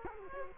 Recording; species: mosquito wingbeat signal from an infrared sensor; Culex quinquefasciatus